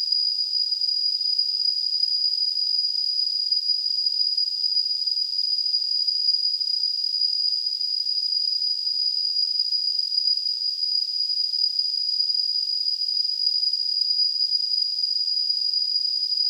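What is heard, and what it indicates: Simulated tinnitus: a steady, high-pitched tone near 5 kHz over a band of hiss, held at a constant level throughout, with nothing below about 2 kHz.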